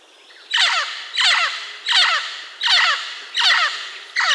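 Bird with a harsh, rasping call of quick descending notes, repeated in six bursts about every two-thirds of a second.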